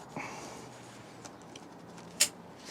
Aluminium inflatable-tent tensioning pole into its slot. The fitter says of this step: one near the bedroom and pull out until you hear that click